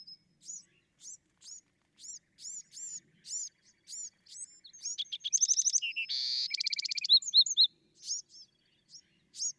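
Bewick's wren song: a run of evenly spaced high hooked notes, then a loud buzzy trill and lower rattling trill, ending with more sharp notes.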